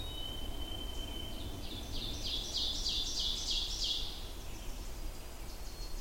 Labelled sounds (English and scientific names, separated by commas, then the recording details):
Ovenbird (Seiurus aurocapilla) song
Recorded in boreal forest in Alberta, Canada, on 20 June 2016 at 07:03
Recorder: SongMeter 3, array SBT-6-81
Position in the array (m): 156 m, 243 m
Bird 25